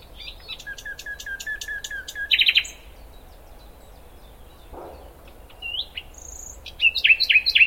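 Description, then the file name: Common nightingale song: a sharp tick series and fast buzzy trill, a pause, then a high pure whistle and rapid notes. "Luscinia megarhynchos"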